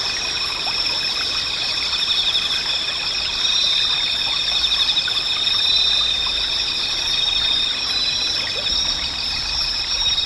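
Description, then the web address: Insects in a dense high chorus with rapid pulsing buzzes and a steady ringing note. "cats nishikawa 201110 mushinokoi"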